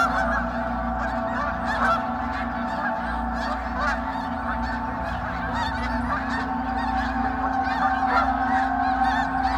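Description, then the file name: Snow goose: snow geese in a dense flock, honking calls overlapping continuously and rapidly, with a steady low rumble beneath the whole chorus. Flock of snow geese taking off. "Sherk Scott Snow Geese take-off"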